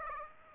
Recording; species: mosquito wingbeat signal from an infrared sensor; Aedes aegypti